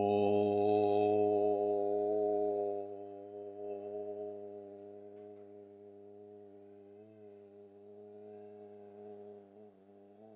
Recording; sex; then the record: sustained vowel /o/; male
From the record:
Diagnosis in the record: healthy control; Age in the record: 76 years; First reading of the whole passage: 56 s, 9.2 characters per second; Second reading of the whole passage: 53 s, 9.7 characters per second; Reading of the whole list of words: 49 s, 5.7 characters per second